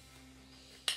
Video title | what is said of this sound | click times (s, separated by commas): Test tablier de jardinage | ça se clipse je ne pouvais pas tellement bien réglé et | 0.9 s